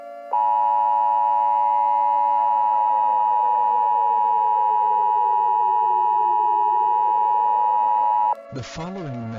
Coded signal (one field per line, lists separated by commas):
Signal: Emergency Alert System (SAME) tones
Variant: 853 and 960 Hz attention tone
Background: speech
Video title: Anomalous Goat: Mini EAS Scenario